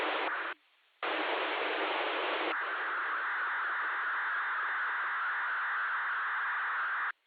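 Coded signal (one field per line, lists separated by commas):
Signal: digital SSTV (DRM)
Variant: KG-STV, MSK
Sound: loud FM hiss with a brief dropout, then a steady rough hissing data tone band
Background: FM squelch noise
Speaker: maintenant je vais passer un troisième le troisième passage à un essai dans un endroit beaucoup plus dégagée dans les champs pour voir effectivement ce que ce que ça donne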